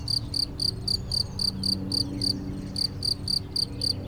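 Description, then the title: Cricket chirps, sharp and high, roughly four each second, with a short pause midway before the rhythm returns. Single cricket in Chindrieux, France; among the first crickets of the season, calling intermittently for several days. "Chindrieux, France - grillon seul"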